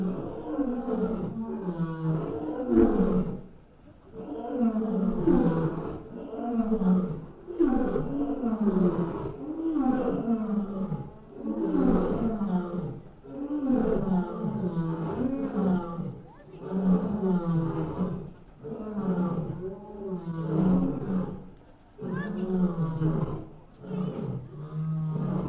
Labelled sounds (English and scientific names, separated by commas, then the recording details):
Lion (Panthera leo) call
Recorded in captivity
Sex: male
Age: adult
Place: Tierpark Berlin, Berlin, DE
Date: 1959-08-20 18:15
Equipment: Reporter (Vollspur)
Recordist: TSA
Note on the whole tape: Rufreihen (sechsmal) vom Luchskäfig aus aufgenommen. Abstand 20 m. Aufnahmezeit: 18.15-19.20